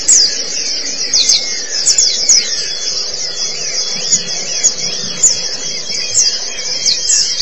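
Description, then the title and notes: White-eye song: unbroken, busy high-pitched twittering with sharp chirps rising above a constant chattering wash. "Kicauan Burung Pleci Durasi Panjang. Suara kicauan burung pleci"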